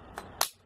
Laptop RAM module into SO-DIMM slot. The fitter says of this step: you'll hear a click sound when it is inserted properly